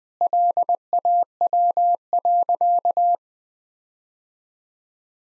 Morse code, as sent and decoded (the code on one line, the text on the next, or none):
.-.. .- .-- .-.-.-
LAW.